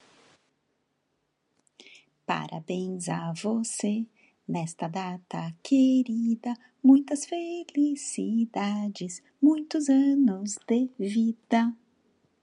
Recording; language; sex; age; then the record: short text; Brazilian Portuguese; female; 40 to 49 years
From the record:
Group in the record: control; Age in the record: 48 years